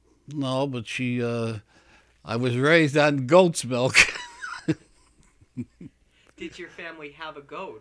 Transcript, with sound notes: No, but she, uh, I was raised on goat's milk. (he laughs)
Did your family have a goat?